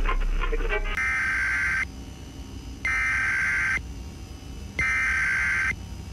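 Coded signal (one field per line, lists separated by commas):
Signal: Emergency Alert System (SAME) tones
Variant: header bursts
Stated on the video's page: Fictional EAS broadcast in an audio drama, with sound design created for the episode.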